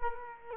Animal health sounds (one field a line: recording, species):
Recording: mosquito wingbeat signal from an infrared sensor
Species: Culex quinquefasciatus